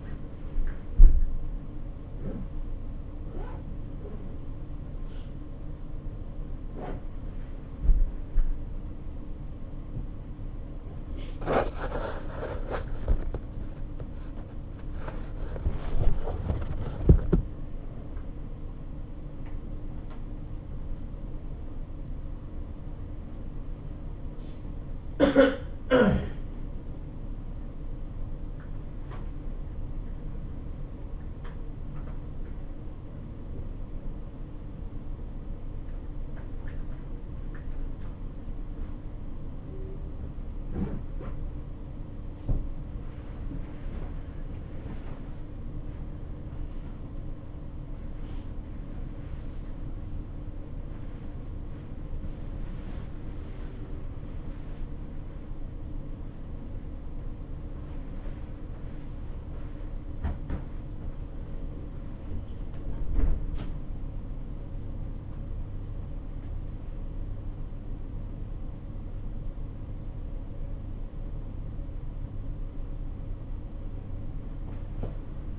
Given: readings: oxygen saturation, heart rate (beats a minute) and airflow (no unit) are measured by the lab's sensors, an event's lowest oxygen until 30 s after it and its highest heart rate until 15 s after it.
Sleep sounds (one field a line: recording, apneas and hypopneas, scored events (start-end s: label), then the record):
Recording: a person awake in a sleep study, by a smartphone at the bedside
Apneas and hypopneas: none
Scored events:
0.00-75.59 s: awake
From the record:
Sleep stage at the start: awake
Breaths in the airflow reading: 31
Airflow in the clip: -0.7 to 0.7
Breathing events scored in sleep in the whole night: 520 in 7.2 hours asleep